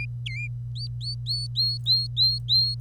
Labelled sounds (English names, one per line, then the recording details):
Domestic Canary song
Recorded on 25 April 2018 at 09:52
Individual llb3